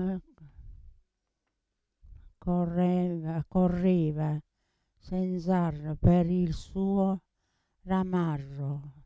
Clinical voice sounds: read passage; Italian; female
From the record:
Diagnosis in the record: Parkinson's disease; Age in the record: 80 years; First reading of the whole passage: 169 s, 3.1 characters per second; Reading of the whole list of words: 101 s, 2.8 characters per second

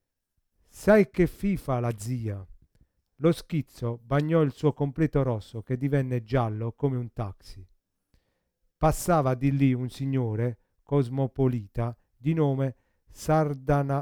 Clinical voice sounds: read passage; Italian; male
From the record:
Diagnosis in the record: Parkinson's disease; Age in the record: 50 years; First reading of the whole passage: 72 s, 7.2 characters per second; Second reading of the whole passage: 54 s, 9.6 characters per second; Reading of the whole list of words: 40 s, 7.1 characters per second

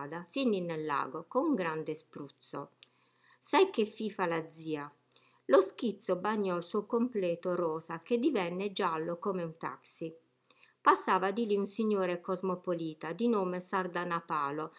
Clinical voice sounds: read passage; Italian; female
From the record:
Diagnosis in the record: healthy control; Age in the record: 61 years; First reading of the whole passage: 67 s, 7.7 characters per second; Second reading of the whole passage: 54 s, 9.6 characters per second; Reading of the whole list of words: 44 s, 6.4 characters per second

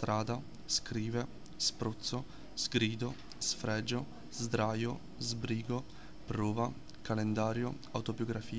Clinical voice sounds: read list of words; Italian; male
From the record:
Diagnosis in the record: healthy control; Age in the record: 19 years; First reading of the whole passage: 38 s, 13.5 characters per second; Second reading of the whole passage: 40 s, 12.9 characters per second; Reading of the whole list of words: 43 s, 6.6 characters per second

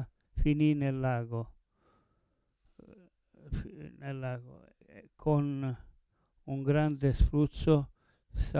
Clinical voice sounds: read passage; Italian; male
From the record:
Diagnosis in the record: Parkinson's disease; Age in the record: 70 years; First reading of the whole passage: 112 s, 4.6 characters per second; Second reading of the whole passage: 107 s, 4.9 characters per second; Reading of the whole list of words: 68 s, 4.1 characters per second

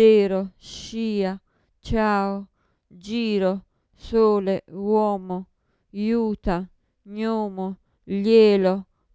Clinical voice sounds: read list of words; Italian; female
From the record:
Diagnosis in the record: Parkinson's disease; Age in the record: 54 years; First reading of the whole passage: 55 s, 9.4 characters per second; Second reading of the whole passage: 50 s, 10.4 characters per second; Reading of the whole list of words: 55 s, 5.1 characters per second

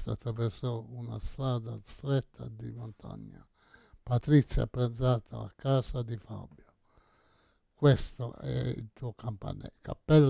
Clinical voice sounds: read phrases; Italian; male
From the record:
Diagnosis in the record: Parkinson's disease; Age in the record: 68 years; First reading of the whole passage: 85 s, 6.1 characters per second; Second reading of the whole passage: 63 s, 8.2 characters per second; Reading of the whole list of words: 49 s, 5.8 characters per second

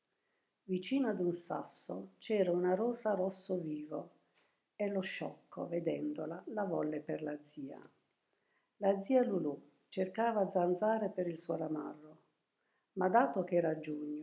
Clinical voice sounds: read passage; Italian; female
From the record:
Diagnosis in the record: healthy control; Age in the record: 72 years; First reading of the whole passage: 67 s, 7.5 characters per second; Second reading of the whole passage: 67 s, 7.5 characters per second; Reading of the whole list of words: 68 s, 4.2 characters per second

